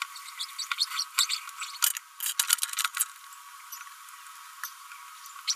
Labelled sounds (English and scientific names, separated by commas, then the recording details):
Green-rumped Parrotlet (Forpus passerinus) babbling
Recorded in a nest box in Venezuela
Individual 18B25A4